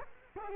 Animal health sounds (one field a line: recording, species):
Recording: mosquito wingbeat signal from an infrared sensor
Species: Culex quinquefasciatus